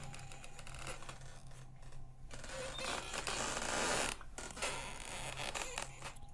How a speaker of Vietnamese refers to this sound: hắn đẩy tay vào cánh cửa phía bên trái thì tiếng ken két vang lên. Cánh cửa gỗ chậm rãi chuyển động, phát ra âm thanh giữa đêm yên tĩnh.